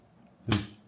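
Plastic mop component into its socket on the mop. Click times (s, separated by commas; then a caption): 0.5 s. A plastic part of an Agaro electric spin mop is aligned inside its socket on the mop and pressed in until it locks. A single sharp snap sounds at 0.5 s and fades over about a quarter second, confirming the part is seated and the assembly is done.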